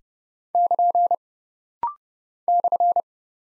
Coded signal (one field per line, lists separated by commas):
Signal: Morse code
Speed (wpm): 30 wpm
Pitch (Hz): 700 Hz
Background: none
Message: <KN> /